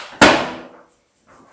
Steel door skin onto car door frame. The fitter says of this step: i heard it pop in that's